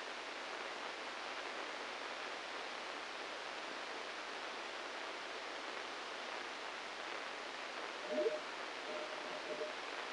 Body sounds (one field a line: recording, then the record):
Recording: brain microelectrode recording played as sound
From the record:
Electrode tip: inside the subthalamic nucleus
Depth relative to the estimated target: 4 mm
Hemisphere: right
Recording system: NeuroSet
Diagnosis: Parkinson's disease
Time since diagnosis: 9 years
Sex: male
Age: 56 years